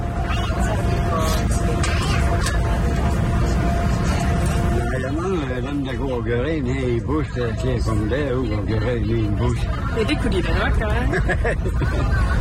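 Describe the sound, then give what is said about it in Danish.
A crowd of children chatters and squeals in high, overlapping voices over the steady low rumble of a bus, the excited babble swelling after the first few seconds and continuing throughout. “Så kom der en masse børn lige pludselig, hva'?”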